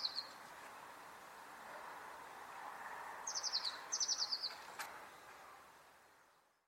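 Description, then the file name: Eurasian blue tit calls: brief high notes at the start, then two quick high-pitched rattling series slipping downward, over steady background noise. "Cyanistes caeruleus"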